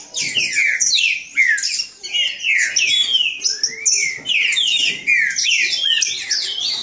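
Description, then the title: Green-winged saltator song in short bursts of loud slurred whistles separated by brief gaps, a second bird answering in overlap. Bird named Nicão in the bush, singing in a contest against a free-living wild bird. "Trinca Ferro NICÃO No Mato Disputando Com Solto"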